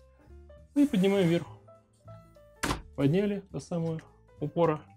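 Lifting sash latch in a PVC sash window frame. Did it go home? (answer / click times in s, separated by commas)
no / none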